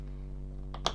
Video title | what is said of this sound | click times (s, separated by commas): GOPRO HERO 9 BLACK UNBOXING AND FIRST IMPRESSIONS | put press it down and it clicks into place | 0.9 s